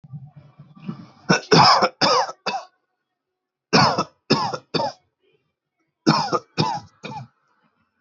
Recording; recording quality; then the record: shallow voluntary cough; excellent, no background noise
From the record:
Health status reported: exposed to COVID-19, no respiratory illness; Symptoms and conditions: none ticked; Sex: male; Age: 32 years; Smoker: yes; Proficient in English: yes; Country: India